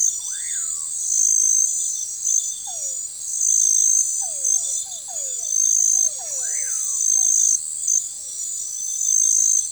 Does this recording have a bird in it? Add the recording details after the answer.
yes. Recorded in forest near Pivijay, Magdalena, Colombia, on 17 April 2023 at 22:30. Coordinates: 10.467, -74.380. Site Z5-G034